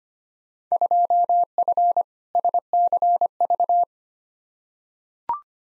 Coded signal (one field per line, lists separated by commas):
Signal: Morse code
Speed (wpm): 25 wpm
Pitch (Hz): 700 Hz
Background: none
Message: 2F SCV